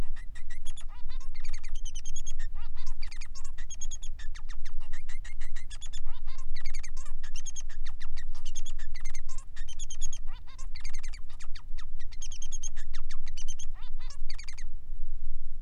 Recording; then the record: song of a male Bengalese finch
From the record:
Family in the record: son of father 3